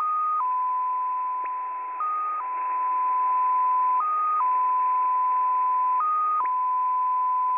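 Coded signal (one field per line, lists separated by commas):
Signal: multi-tone FSK (Olivia or MFSK type)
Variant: XPA2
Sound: steady whistle-like tone that briefly jumps higher every two seconds, four times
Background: radio static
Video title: XPA2 Data Mode 22/06/2023 1120 UTC 14982kHz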